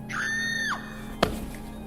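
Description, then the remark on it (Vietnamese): A woman lets out a single high, sustained scream as she falls into a cold pond. The scream holds steady and then drops off sharply, followed by a brief sharp impact as she hits the water and a low steady hum underneath. “Tiếng hét của bà Luyến vang lên cùng lúc với một tiếng tổng.”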